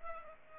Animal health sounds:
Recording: mosquito wingbeat signal from an infrared sensor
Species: Culex pipiens

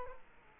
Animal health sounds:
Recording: mosquito wingbeat signal from an infrared sensor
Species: Culex quinquefasciatus

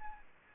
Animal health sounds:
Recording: mosquito wingbeat signal from an infrared sensor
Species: Aedes albopictus

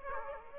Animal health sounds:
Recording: mosquito wingbeat signal from an infrared sensor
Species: Aedes aegypti

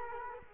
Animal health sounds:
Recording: mosquito wingbeat signal from an infrared sensor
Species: Culex quinquefasciatus

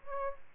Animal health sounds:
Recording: mosquito wingbeat signal from an infrared sensor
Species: Aedes albopictus

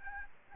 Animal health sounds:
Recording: mosquito wingbeat signal from an infrared sensor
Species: Aedes albopictus

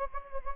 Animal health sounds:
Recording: mosquito wingbeat signal from an infrared sensor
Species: Anopheles gambiae

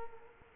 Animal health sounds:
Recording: mosquito wingbeat signal from an infrared sensor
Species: Culex quinquefasciatus

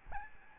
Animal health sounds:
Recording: mosquito wingbeat signal from an infrared sensor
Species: Aedes albopictus

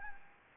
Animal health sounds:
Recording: mosquito wingbeat signal from an infrared sensor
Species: Anopheles gambiae

